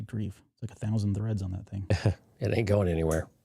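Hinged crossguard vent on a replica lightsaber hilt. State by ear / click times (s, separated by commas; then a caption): not seated / none. Someone talks while handling the hinged metal crossguard vent on a replica lightsaber hilt, unscrewing the cross-guard pieces. The clip ends before the quillon is flipped up on its hinge, so nothing has locked into place yet.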